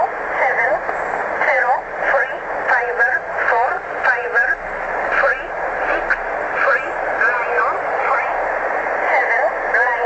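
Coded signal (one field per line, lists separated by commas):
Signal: numbers station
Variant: E11 (Oblique)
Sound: short, evenly spaced spoken words through noisy shortwave static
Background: radio static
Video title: Numbers Station Zahlensender E11 on 8088 kHz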